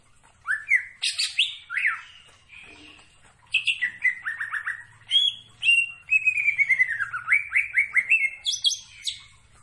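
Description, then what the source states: Greater green leafbird song: varied whistles and chatter, including falling slurred notes and a quick descending series of chirps. Singing actively, described with the Indonesian term gacor.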